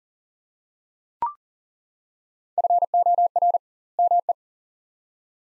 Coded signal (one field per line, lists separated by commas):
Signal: Morse code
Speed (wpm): 40 wpm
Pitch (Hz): 700 Hz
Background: none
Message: FOR ME